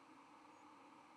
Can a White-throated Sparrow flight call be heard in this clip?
no